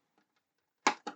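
A plastic lug on a part of a 1:8 scale model of the 2023 RB19 Red Bull F1 racing car is pushed into its socket on the chassis. After a few faint touches, a sharp plastic click at 0.9 s marks the lug snapping into place and holding itself in, followed by two softer clicks. The lug is seated.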